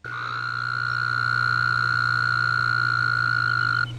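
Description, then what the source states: Wyoming toad mating call: one sustained, even-pitched call held for nearly four seconds. Mating call, recorded at a national wildlife refuge in Wyoming; played to toads at a zoo to encourage breeding; rare species.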